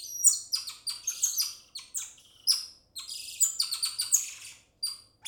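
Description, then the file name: Golden lion tamarin calls, a dense chatter of very high chirps and sliding squeaks in fast clusters, briefly pausing midway. "Digiffects Sound Effects Library - Golden Lion Tamarin Monkey"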